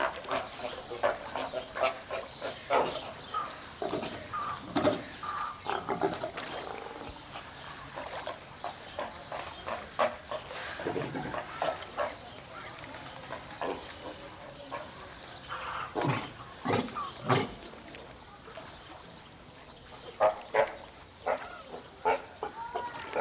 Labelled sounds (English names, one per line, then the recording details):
Brown Fur Seal
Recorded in captivity
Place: Zoo Berlin, Berlin, DE
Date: 1992-06-06 11:31
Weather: sonnig, 24-28°C
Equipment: Nagra SN, Mikrofon AKG CK 8, Kopie Tesla B 116
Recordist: Tembrock, Günter